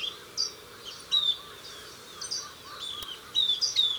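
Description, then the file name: Southern beardless tyrannulet giving high, thin downslurred whistles with scattered short sharp notes, over a noticeable background hiss. "Camptostoma obsoletum - Southern Beardless Tyrannulet"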